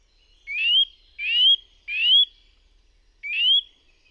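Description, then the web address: Eurasian nuthatch giving loud rising whistled calls, three in quick succession about every 0.7 seconds, then a pause and a fourth; quiet background otherwise. In forest. "sitelle-torchepot oiseaux-de-nos-forets"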